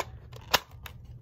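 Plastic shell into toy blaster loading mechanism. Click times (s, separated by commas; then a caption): 0.5 s. A plastic shell is pushed down into the loading mechanism of a Nerf Shellstrike DS-6 toy blaster until it clicks into place at 0.5 s, the loudest, sharpest snap in the clip, with fainter plastic ticks around it. The lever moves as it seats, showing the shell went in correctly.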